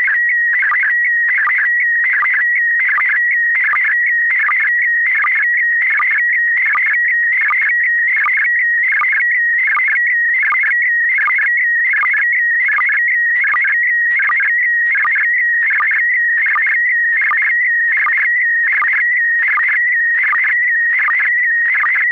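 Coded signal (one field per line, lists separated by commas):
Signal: SSTV (slow-scan television)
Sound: warbling, chirpy tone sweeping up and down with a regular short low blip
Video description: Use MMSSTV (Windows), Robot 36 (Android), QSSTV (as in the video, Linux) or one of the SSTV programs/apps for Apple to decode the audio yourself.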